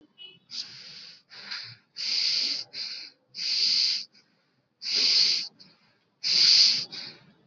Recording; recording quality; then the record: shallow breathing; excellent, no background noise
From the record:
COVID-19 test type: RT-PCR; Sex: male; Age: 28 years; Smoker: no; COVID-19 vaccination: both doses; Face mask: worn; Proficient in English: yes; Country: India